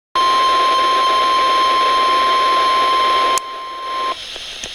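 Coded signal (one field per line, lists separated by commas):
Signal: Emergency Alert System (SAME) tones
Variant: 1050 Hz attention tone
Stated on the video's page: Severe thunderstorm warning EAS alert.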